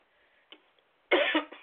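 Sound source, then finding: Adult man. Dry cough.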